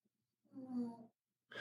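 A dog snores: one droning, buzzy breath lasting under a second, with the next snore just starting.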